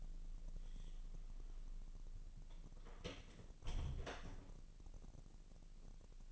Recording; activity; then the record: daily activity, microphone in the room; close door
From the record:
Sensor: 4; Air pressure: 1002.0 hPa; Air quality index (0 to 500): 248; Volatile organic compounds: 41 ppm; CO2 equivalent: 3168 ppm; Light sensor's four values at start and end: 7/16/6/5 and 8/17/6/5